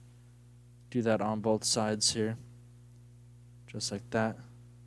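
Small gray plastic tabs are worked into slots on the body of a transforming robot toy while someone talks. Nothing has seated or clicked yet; the part is still being handled and has not gone home.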